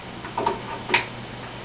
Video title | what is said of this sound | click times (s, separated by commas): Let's Build a Computer! | okay that's clicked into place right | 1.0 s